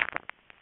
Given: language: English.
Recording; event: throat vibration sensor signal played as sound; swallow